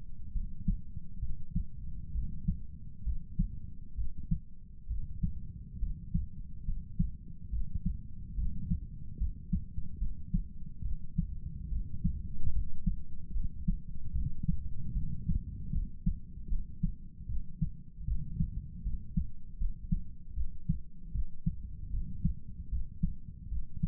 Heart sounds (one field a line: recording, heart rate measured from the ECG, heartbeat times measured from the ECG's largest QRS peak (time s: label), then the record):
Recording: heart sounds by stethoscope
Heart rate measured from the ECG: 73 bpm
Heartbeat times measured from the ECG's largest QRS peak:
0.33 s: heartbeat
1.20 s: heartbeat
2.13 s: heartbeat
3.04 s: heartbeat
3.96 s: heartbeat
4.88 s: heartbeat
5.80 s: heartbeat
6.65 s: heartbeat
7.50 s: heartbeat
8.36 s: heartbeat
9.19 s: heartbeat
9.99 s: heartbeat
10.83 s: heartbeat
11.70 s: heartbeat
12.53 s: heartbeat
13.33 s: heartbeat
14.13 s: heartbeat
14.94 s: heartbeat
15.73 s: heartbeat
16.49 s: heartbeat
17.27 s: heartbeat
18.06 s: heartbeat
18.84 s: heartbeat
19.59 s: heartbeat
20.35 s: heartbeat
21.13 s: heartbeat
21.91 s: heartbeat
22.70 s: heartbeat
23.50 s: heartbeat
From the record:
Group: healthy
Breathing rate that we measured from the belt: 18 breaths a minute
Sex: male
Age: 35 years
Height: 180 cm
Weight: 86.9 kg